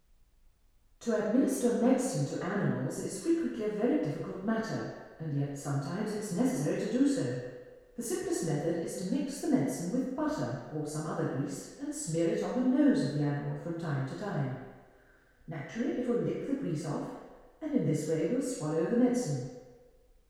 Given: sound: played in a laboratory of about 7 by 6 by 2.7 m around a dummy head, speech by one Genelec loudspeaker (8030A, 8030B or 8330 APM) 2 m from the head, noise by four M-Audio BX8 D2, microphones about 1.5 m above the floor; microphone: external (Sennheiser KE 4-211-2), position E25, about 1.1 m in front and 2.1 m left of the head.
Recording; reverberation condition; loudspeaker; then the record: female speech in English; high; 90 degrees to the left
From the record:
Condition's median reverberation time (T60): about 1300 ms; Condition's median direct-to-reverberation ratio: about -4.0 dB